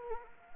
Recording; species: mosquito wingbeat signal from an infrared sensor; Anopheles arabiensis